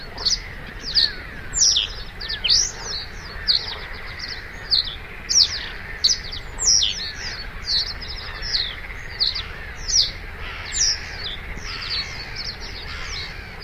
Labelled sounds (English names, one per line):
Reed Bunting song